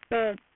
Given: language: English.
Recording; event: throat vibration sensor signal played as sound; speech